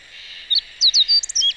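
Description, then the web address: Meadow bunting song: a brisk phrase of high, sharp, slurred notes tumbling quickly over about one second, set against a steady hiss of background noise. Recorded on 11 May 2018 during a bird-watching outing. "chikushishou bird watching club 2018 5 11 hoojiro"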